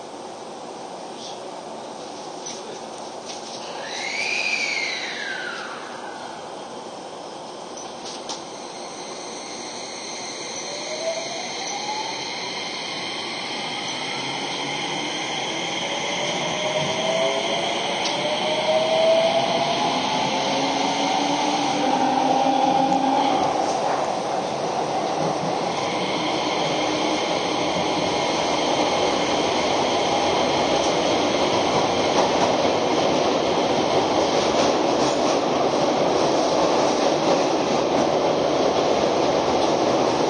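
A Keio 5000 series train in motion, with a steady low rumble throughout. Near five seconds a bright tone sweeps down, then from about ten seconds the motor whine climbs in pitch as the train speeds up, growing louder and holding steady high tones.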